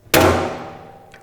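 The metal ratchet handle on the rim clamp band strap of an ATEX pneumatic-hydraulic drum tipper (STP01-DRU01-Ex) is swung all the way around after its lever is pulled to set the ratchet out. A single sharp metallic click at 0.1 s rings and fades over about half a second, followed by a faint tap near 1.1 s. The ratchet clicks into its release position, leaving the strap loose.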